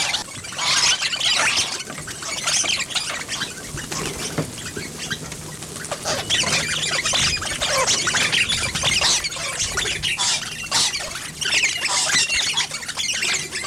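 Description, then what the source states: Rosellas giving a busy stream of sharp squawks and high squeaks, many birds calling at once throughout. Rosellas feeding.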